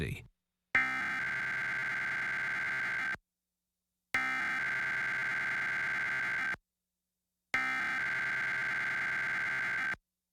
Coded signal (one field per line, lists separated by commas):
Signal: Emergency Alert System (SAME) tones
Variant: header bursts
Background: speech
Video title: WTAJ-TV Weekly Test (12/30/21)(EAS 1035)